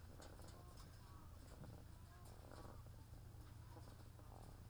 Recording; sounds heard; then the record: poultry house recording; sick chickens (respiratory disease)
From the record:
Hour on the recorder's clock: 13